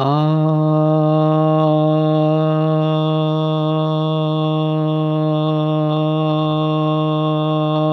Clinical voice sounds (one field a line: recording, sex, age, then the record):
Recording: sustained vowel /a/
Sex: male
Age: 30 to 39 years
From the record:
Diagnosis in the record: healthy control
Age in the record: 38 years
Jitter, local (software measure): 0.42%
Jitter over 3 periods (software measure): 0.25%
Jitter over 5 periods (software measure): 0.24%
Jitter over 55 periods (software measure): 0.45%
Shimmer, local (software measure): 2.4%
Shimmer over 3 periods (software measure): 1.3%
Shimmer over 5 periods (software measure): 1.5%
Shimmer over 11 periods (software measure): 1.9%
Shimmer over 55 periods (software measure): 3.2%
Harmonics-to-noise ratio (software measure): 22.2 dB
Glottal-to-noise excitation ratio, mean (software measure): 0.93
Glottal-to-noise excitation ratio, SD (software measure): 0.030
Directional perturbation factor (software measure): 81.1%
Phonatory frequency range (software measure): 0.27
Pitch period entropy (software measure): 0.59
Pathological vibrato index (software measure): 0.26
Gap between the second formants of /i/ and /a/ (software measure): 2441 Hz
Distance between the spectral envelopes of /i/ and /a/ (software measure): 8.5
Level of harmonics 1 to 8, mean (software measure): -3.3, -6.6, -11.9, -8.0, -15.3, -22.7, -15.4, -23.9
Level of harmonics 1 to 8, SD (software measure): 1.2, 1.6, 1.5, 2.5, 2.9, 2.9, 2.5, 3.9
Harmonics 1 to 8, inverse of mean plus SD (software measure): 0.225, 0.122, 0.074, 0.095, 0.055, 0.039, 0.056, 0.036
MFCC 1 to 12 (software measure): 1.8, 0.9, -18.9, 9.5, -5.6, -8.7, 1.0, -5.2, -8.2, -9.4, -3.4, 5.6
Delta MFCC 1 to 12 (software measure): 0.002, 0.008, -0.007, -0.007, 0.003, -0.005, -0.007, -0.003, -0.011, -0.003, -0.007, 0.009